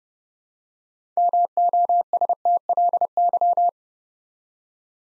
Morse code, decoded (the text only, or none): MOSTLY